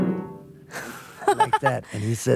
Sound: laughs

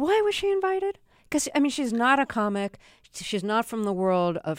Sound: none

